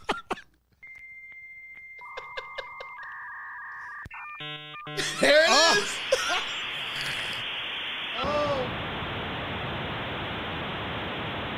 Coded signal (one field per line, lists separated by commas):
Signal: dial-up modem handshake